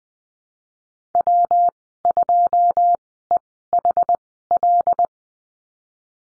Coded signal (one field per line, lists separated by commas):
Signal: Morse code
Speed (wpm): 20 wpm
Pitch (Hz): 700 Hz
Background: none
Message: W2EHL